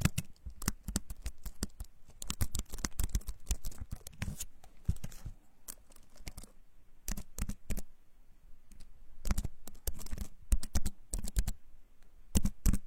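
Book pages turning and writing, heard as dense bursts of sharp crisp rustles and clicks coming in clusters, with brief quieter gaps around six and nine seconds.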